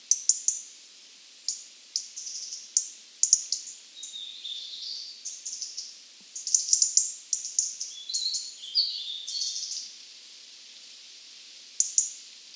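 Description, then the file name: European robin song, rapid high twittering and ticking phrases interwoven with thin sliding whistles, continuing in dense bursts before a quiet stretch and a final brief flourish. "Erithacus rubecula"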